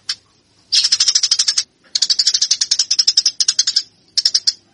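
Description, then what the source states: Eurasian tree sparrow giving choppy bursts of rapid, harsh high chirps with quiet gaps between. Fighting (tarung) sounds of the tree sparrow (burung gereja).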